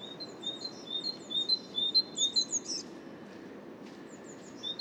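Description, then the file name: Great tit song: a lively run of ringing two-note phrases repeated rapidly for a few seconds, then quiet with a last note at the end. "Great Tit Parus major"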